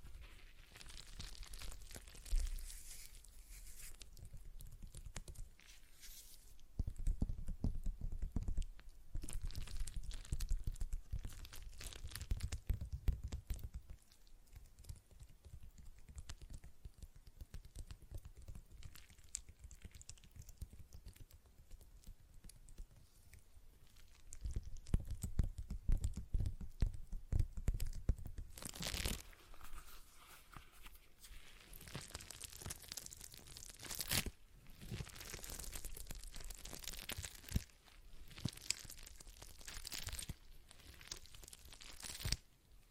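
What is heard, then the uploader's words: A stress ball is squeezed and handled in irregular bursts of crinkly, crunching and tearing-like sounds. Dense clusters of sharp crackles come around 6–14 and 24–30 seconds, with sparser squishes, low thumps and quieter stretches between them. ASMR Relaxing Stress Ball Sounds (No Talking).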